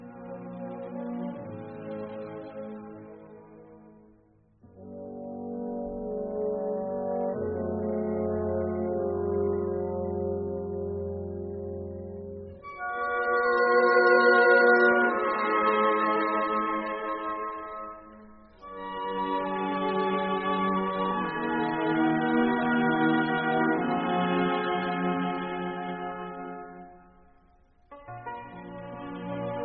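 A mobile phone ringtone plays the lively pop tune, sustained, reedy synthesized notes in repeating phrases with brief pauses between, fairly loud and steady, with no voices.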